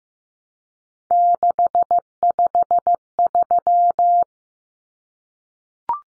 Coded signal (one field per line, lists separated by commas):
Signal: Morse code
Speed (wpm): 15 wpm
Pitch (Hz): 700 Hz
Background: none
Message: 653